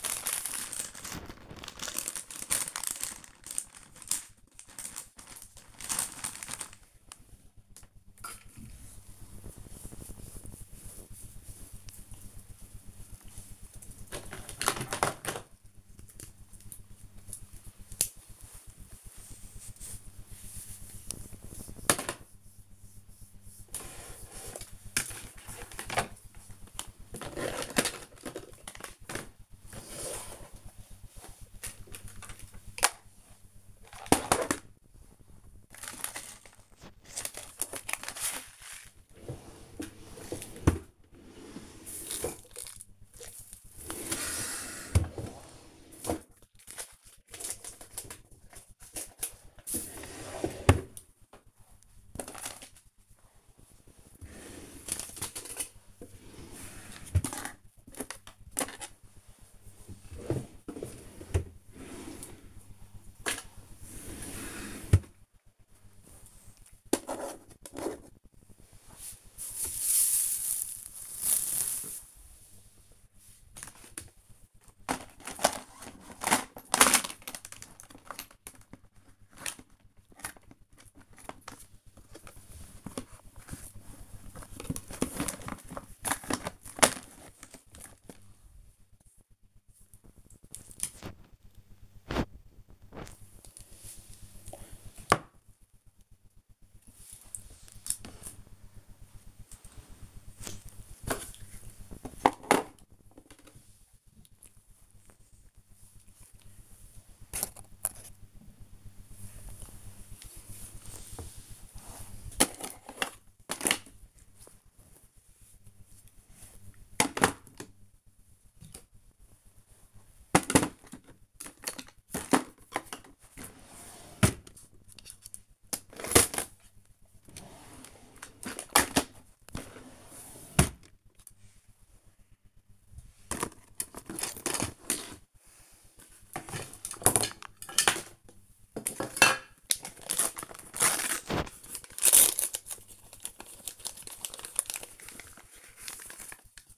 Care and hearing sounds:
household activities, microphone on the right wrist
0.00-15.04 s: tidy up the cupboard
17.05-146.78 s: tidy up the cupboard

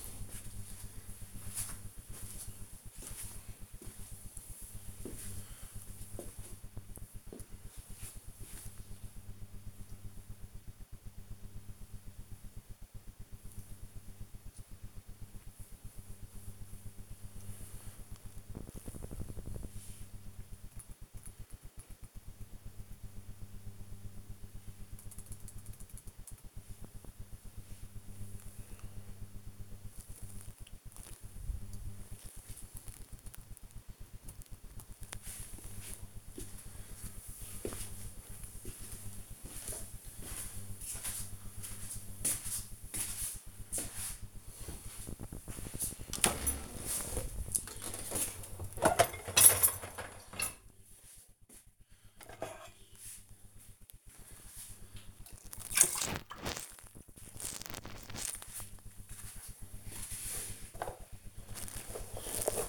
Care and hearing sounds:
household activities, microphone on the right wrist
44.62-62.69 s: cleaning out the dishwasher

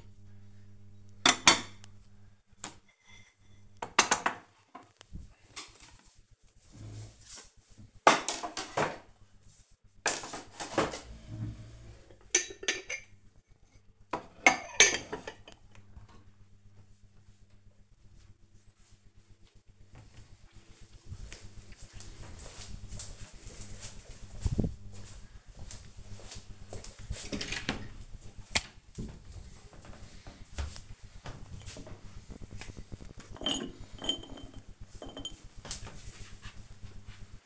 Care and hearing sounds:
household activities, microphone on the right wrist
0.00-16.83 s: putting away the dishes

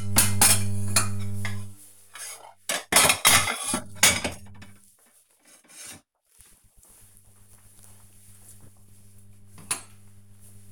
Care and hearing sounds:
household activities, microphone on the right wrist
0.00-10.72 s: putting away the dishes

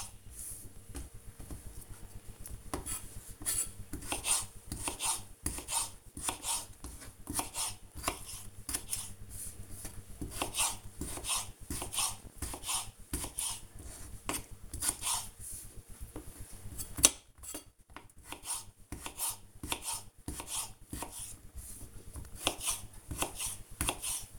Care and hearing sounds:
household activities, microphone on the right wrist
0.00-24.39 s: cutting vegetables

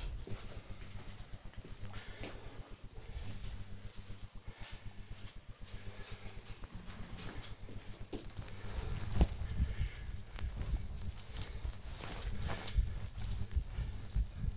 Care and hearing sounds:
household activities, microphone on the right wrist
7.28-14.57 s: cleaning table

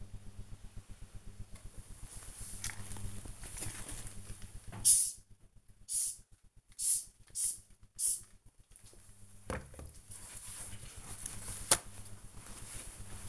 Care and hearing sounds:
household activities, microphone on the right wrist
1.17-13.28 s: window cleaning

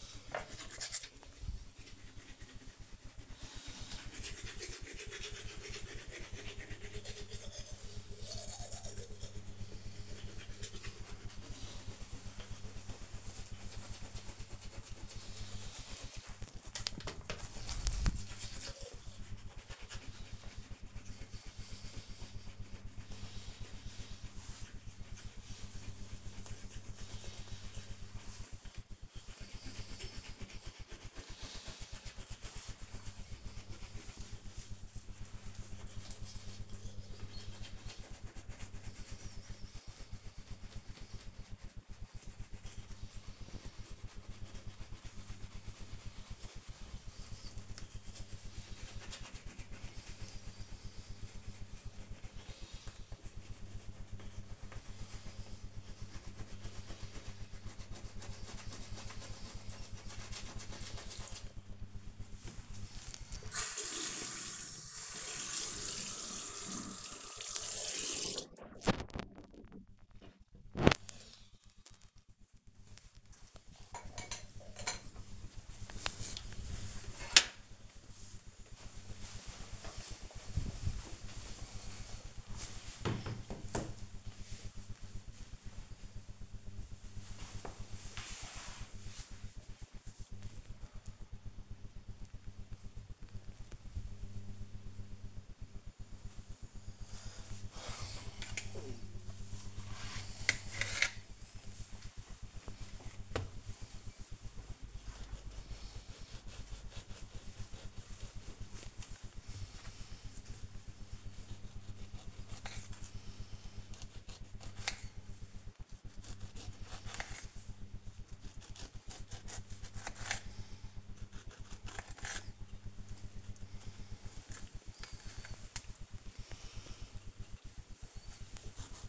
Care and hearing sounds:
household activities, microphone on the right wrist
0.00-73.35 s: brushing teeth
97.51-129.09 s: cutting vegetables

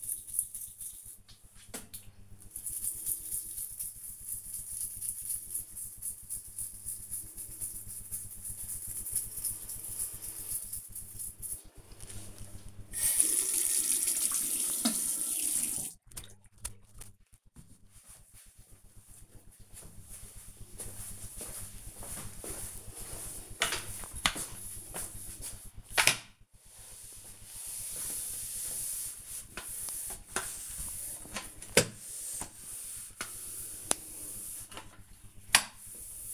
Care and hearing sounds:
household activities, microphone on the right wrist
0.00-16.59 s: brushing teeth
23.63-36.34 s: floor cleaning

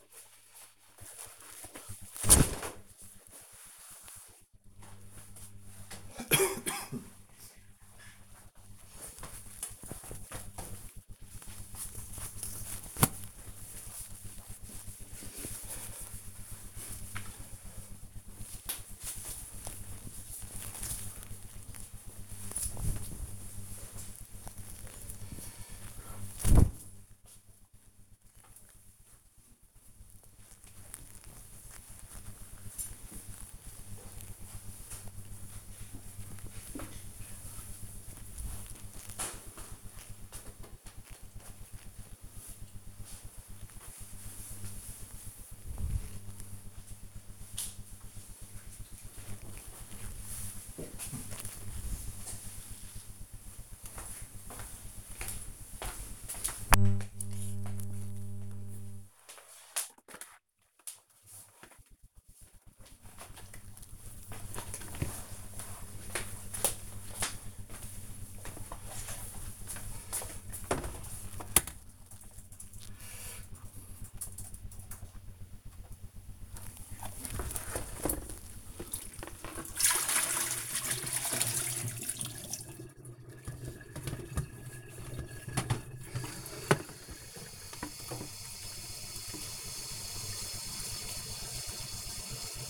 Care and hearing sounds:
household activities, microphone on the right wrist
0.00-40.05 s: hanging up laundry
75.32-92.70 s: refill bucket

